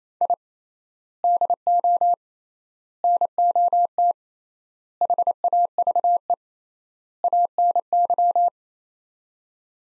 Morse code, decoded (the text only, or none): I DO NOT HAVE ANY